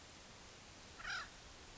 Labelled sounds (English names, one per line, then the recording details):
Acorn Woodpecker
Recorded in Sonoma County, California